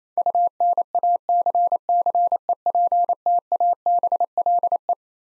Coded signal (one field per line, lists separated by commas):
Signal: Morse code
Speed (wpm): 27 wpm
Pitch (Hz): 700 Hz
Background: none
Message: UNACCEPTABLE